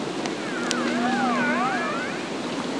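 Whale calls, a series of crossing tonal sweeps rising and falling over one another, with a steady low hum beneath and a continuous background hiss.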